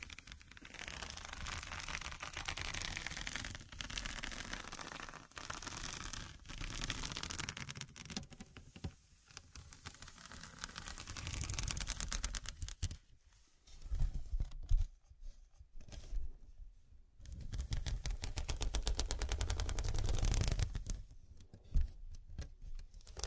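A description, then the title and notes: Rough, dense scratching rasps on in bursts, steady for twelve seconds, then breaking into choppier strokes with short silent gaps near fifteen and twenty-one seconds. Pure Scratching.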